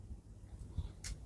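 A plastic spinning top ratchet is fitted onto the blade's plate with the white marks lined up, then pushed in. It clicks into place at 1.0 seconds with a short, sharp snap, and the ratchet is seated in the blade.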